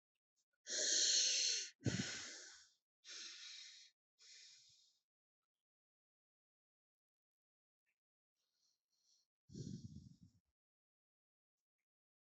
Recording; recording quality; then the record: deep breathing; excellent, no background noise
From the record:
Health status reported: healthy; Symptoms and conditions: none ticked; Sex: male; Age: 28 years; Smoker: not ticked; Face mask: not worn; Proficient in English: yes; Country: India